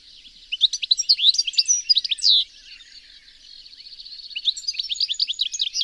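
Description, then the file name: European goldfinch twittering: rapid liquid chirps and tinkling notes, a drawn-out buzzy note near the middle, then a quieter stretch before the lively chatter resumes. "Carduelis carduelis"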